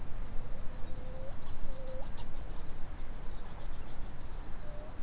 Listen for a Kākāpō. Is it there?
no